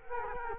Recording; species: mosquito wingbeat signal from an infrared sensor; Culex quinquefasciatus